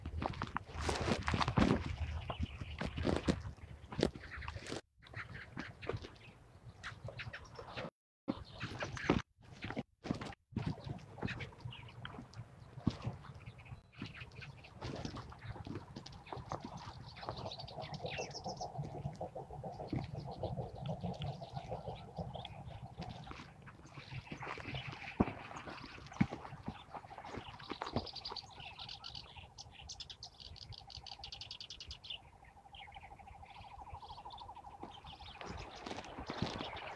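Birds of several kinds call along a riverbank, with busy, overlapping chirps and a steady low rumble of natural background noise underneath. The first ten seconds are dense and choppy with brief dropouts; later, clearer calls and a repeated quacking stand out, with sharp peaks near 25 seconds.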